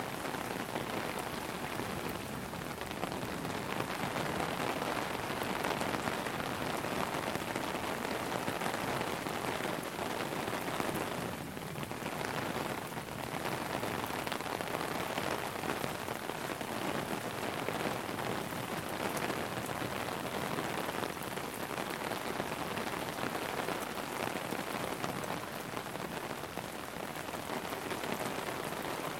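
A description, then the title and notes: Rain drums steadily on an umbrella overhead, a dense patter of countless drops with no pauses. The hiss stays even for the whole stretch, bright and full, with only slight swells in intensity around the middle. Under The Umbrella. The Hague. A straight forward recording of standing under an umbrella while it's raining.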